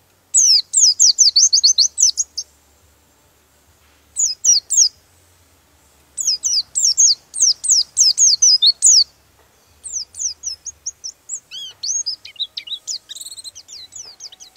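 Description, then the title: Bird song: fast bursts of piercing, downslurred chirps. A softer, varied twittering sequence follows toward the end. Master recording used for training birds. "Master Burung Jos"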